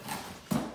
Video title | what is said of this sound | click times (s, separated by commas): Carvin Pools StarLight installation with adapter guide from East Coast Leisure | and if you keep on pushing you'll feel it clicking again and then that's when you know it's all the way in | 0.5 s